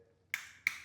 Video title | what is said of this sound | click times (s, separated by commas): How to Set Up and Operate Your NSK Scaler Using the NSK MultiPad | Um, what we do is we tighten it until we get a click. | 0.3 s